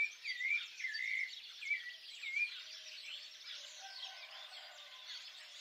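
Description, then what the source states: Birds singing, a looping whistled phrase repeated at the start over a dense background of other bird chirps and trills. Birds singing at dawn.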